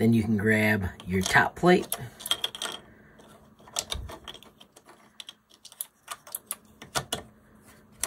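Someone talks as a 3D-printed plastic top plate is handled for fitting onto an assembled clicky fidget, followed by a series of light, sharp plastic clicks and taps. Nothing has seated or clicked into place yet; the top plate is not yet home.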